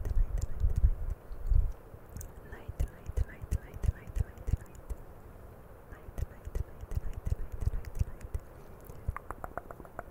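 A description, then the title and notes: Camera touching and mouth sounds: irregular knocks and taps, low and thumpy, arrive in uneven bursts, heaviest near the start and again after the sixth second. Brief clicks and wet smacks scatter throughout, with a quick run of sharp ticks near the end. CAMERA TOUCHING E MOUTH SOUNDS.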